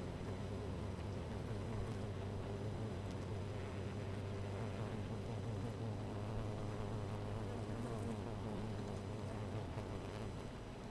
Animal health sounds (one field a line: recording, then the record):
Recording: honeybee colony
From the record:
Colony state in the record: missing queen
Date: 14 July 2017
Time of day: 13:42